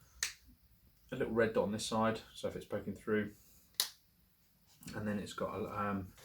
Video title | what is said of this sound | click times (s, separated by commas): My new gun! The Hatsan Escort Magnum Semi Automatic 12 Gauge Shotgun | that's nice and of course the safety cap share fairly positive click on that and it's got little | 0.2 s